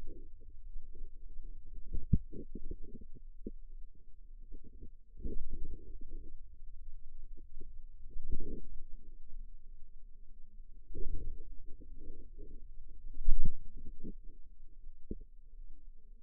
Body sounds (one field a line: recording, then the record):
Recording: forearm muscle sounds (acoustic myography)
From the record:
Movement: radial deviation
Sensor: system 2, bracelet of six BSWA MPA416 microphones around the upper forearm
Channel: 2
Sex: female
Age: 23 years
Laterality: right